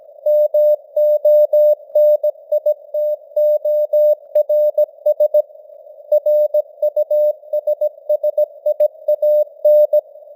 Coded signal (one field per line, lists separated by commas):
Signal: Morse code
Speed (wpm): 17 wpm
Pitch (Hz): 600 Hz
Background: none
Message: MONITORS RUSSIAN